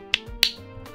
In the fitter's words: and that's what fits on the hole and you can hear it snap